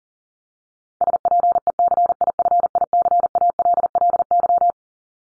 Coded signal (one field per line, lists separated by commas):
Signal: Morse code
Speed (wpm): 40 wpm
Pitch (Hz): 700 Hz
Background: none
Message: SPECIFICALLY